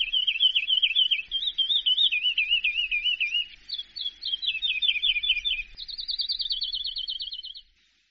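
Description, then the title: Greater green leafbird song: a run of rapid trilled and warbling phrases, ending in a higher, fast trill. "Kicau Cucak Ijo"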